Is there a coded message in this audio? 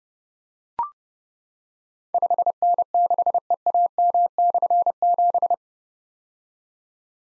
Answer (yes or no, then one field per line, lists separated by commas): yes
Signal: Morse code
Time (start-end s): 2.1-5.5 s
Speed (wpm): 29 wpm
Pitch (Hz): 700 Hz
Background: none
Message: 5N6EAM/7